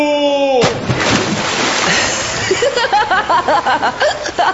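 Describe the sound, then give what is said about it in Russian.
A loud splash of a person plunging into water cuts off a short, falling voiced cry, followed by several seconds of churning, sloshing water as voices start speaking over it. “Я все-таки затащил вас в воду, капитан.”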